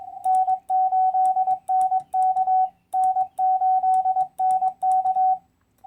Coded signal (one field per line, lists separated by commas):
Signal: Morse code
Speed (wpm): 26 wpm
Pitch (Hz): 750 Hz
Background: radio noise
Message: N8NK N8NK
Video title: EFHW Real World SHTF Antennas - Test Results - DX Contacts in the 2020 CQ WW WPX CW Contest